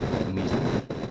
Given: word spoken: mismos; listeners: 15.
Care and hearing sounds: one Spanish word in noise, from a listening test; noise modulated by three-talker babble; -7.1 dB; 1 of 15; 8 of 15; 0.70 s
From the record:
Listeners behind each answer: 8, 2, 1, 1, 1, 1, 1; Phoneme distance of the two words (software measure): 7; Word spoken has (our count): 2 syllables, 6 phonemes, stress on syllable 1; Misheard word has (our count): 2 syllables, 5 phonemes, stress on syllable 1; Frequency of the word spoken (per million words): 137.69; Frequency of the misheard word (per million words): 857.02

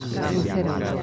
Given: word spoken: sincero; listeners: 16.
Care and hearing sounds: one Spanish word in noise, from a listening test; eight-talker babble; -2.4 dB; 0 of 16; 6 of 16; 0.63 s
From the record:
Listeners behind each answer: 6, 2, 1, 1, 1, 1, 1, 1, 1, 1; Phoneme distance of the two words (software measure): 61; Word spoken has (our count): 3 syllables, 7 phonemes, stress on syllable 2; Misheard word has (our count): 2 syllables, 4 phonemes, stress on syllable 1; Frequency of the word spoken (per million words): 8.51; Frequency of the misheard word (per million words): 100.47

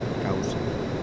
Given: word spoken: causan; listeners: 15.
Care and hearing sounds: one Spanish word in noise, from a listening test; speech-shaped noise; -6.2 dB; 0 of 15; 15 of 15; 0.63 s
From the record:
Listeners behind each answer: 15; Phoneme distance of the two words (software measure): 7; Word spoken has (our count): 2 syllables, 6 phonemes, stress on syllable 1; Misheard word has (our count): 2 syllables, 5 phonemes, stress on syllable 1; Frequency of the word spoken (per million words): 6.22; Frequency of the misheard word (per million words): 152.61

